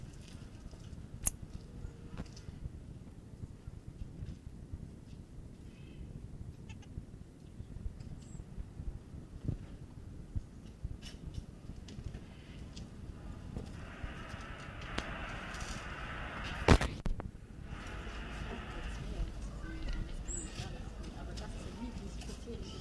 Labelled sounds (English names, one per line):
Common Marmoset call